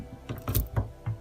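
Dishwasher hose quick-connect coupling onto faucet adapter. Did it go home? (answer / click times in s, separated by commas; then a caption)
yes / 0.6 s. The plastic-and-metal quick-connect faucet adapter coupling of a HOmeLabs compact countertop dishwasher's hose is pushed down onto the faucet, with a few short ratcheting clicks around it. A sharp click at 0.6 s marks the coupling latching on, and it is seated.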